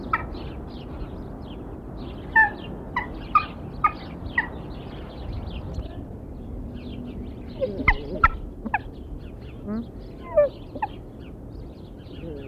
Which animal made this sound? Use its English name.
Hawaiian Goose